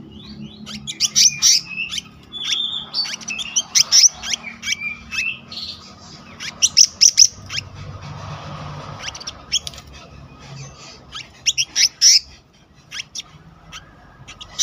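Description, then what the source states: Selendang biru song of scattered sharp high chips mixed with short whistled slurs, arriving in loose clusters over a faint steady hum. Continuous rolling song style called gacor ngeroll, with isian.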